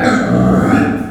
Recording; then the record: squeal of a Yucatan mini pig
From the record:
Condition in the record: after surgery on the right vocal fold (resection and tissue-engineered implant); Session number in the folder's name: 4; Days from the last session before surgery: 26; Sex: female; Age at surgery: 19 weeks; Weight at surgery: 25 kg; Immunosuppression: prednisolone